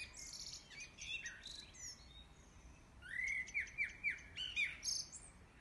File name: Amselgesang